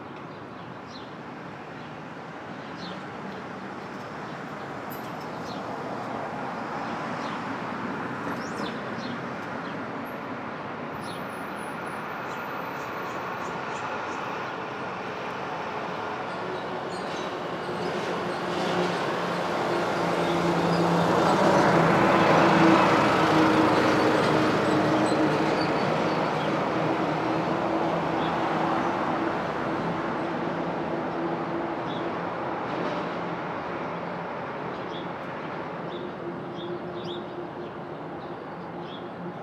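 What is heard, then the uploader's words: Street traffic at dawn in the open air, a steady wash of vehicles with a low rumble underneath. Around the middle a heavier vehicle, possibly a train, swells louder near twenty seconds, then fades into the constant hum. Brooklyn Dawn. Street Traffic, Open Air II.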